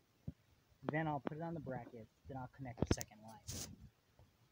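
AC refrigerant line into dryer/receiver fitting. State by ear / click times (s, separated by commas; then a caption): not seated / none. An AC refrigerant line is being handled at the dryer/receiver fitting on a 2006 Dodge Ram 3500 5.9 Cummins while someone talks. A few short knocks of handling are heard around 2.8–2.9 seconds, followed by a brief hiss near 3.5 seconds. Nothing has seated or clicked yet.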